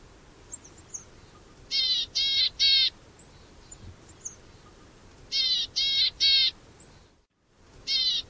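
Bird giving loud, grating, buzzy calls in groups of three, with quiet stretches between the groups and faint ticks in the background.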